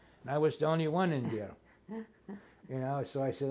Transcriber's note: chuckles